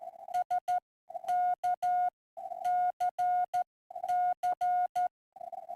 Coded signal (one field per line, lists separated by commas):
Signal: Morse code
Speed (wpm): 13 wpm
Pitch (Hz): 720 Hz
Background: none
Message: SKCC